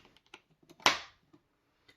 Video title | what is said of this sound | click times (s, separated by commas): RIVERS training video | you hear that click now I'm going to hit the read button here and again | 0.9 s